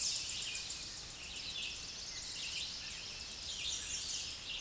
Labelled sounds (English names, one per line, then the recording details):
American Redstart song
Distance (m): 45 m
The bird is about 20 m above the microphone
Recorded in a Pennsylvania forest on 16 May 2024 at 08:12
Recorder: AudioMoth, point MSD-2478
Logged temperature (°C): 15.6 °C
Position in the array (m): 53 m, 230 m